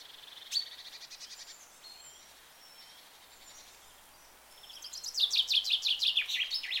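Bird giving a sharp high note at the start, faint soft chirps, then a loud, rapid, pulsing trill that fills the final seconds.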